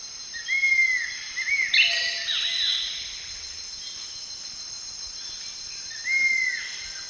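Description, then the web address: Cinnamon attila whistling slurred, arched notes, two early and one after a long pause, with another bird's brief chatter between and a constant insect drone. Eastern lowlands of South America. "Natures Songs S America Eastern Lowlands Cinnamon Attila"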